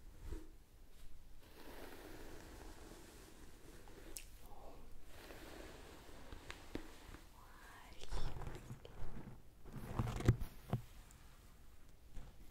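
Soft scalp massage and hair brushing make a steady, dense rustle of fine scratchy strokes that stops and starts every second or so. Around eight to eleven seconds the sounds grow louder and fuller, with a few sharp taps near ten seconds.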